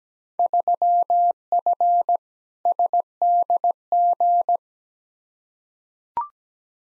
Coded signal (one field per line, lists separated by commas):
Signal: Morse code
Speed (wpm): 17 wpm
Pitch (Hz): 700 Hz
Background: none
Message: 3F SDG